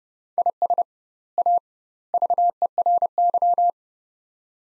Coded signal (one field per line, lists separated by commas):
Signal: Morse code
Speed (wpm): 32 wpm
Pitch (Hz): 700 Hz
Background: none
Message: IS A VERY